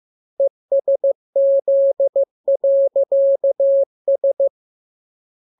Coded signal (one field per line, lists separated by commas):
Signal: Morse code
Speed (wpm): 15 wpm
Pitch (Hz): 550 Hz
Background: none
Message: ESZ.S